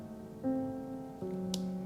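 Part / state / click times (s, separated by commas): wire connector with locking clip into its mating socket / seated / 1.5 s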